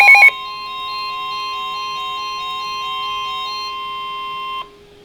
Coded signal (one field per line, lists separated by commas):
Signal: Emergency Alert System (SAME) tones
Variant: 1050 Hz attention tone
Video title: Severe Thunderstorm Warning (EAS #200!!!)